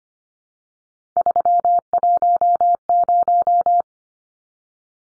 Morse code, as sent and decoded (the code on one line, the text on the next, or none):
...-- .---- -----
310